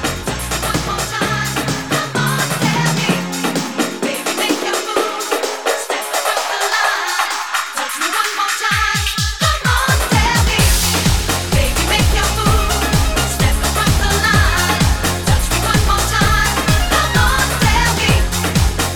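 Loud dance music with a steady, fast beat runs throughout. From about two seconds the bass drops away and a rising sweep builds, with quickening drum hits near nine seconds, before the full thumping beat crashes back in around ten seconds and carries on.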